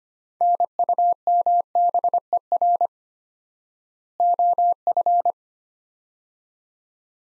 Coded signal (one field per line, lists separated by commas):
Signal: Morse code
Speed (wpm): 25 wpm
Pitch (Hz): 700 Hz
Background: none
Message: NUMBER OF